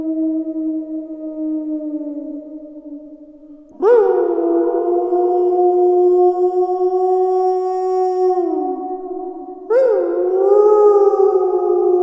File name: tieng cho soi hu